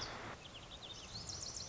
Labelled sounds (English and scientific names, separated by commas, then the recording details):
Lazuli Bunting (Passerina amoena)
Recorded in Sonoma County, California